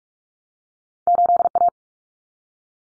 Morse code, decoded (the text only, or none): 8A